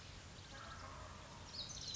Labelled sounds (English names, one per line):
Wild Turkey